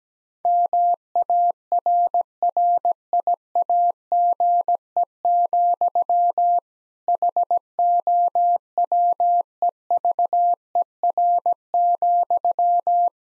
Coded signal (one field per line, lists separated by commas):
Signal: Morse code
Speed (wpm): 17 wpm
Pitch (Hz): 700 Hz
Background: none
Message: MARRIAGE, HOWEVER,